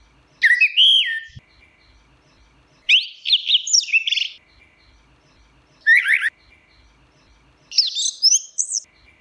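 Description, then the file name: Orange-headed thrush song: four rich, warbling phrases with rising and falling whistles, each about half a second to a second and a half long, spaced by quiet gaps of one to two seconds. Song in ngeplong style. "anis merah ngeplong"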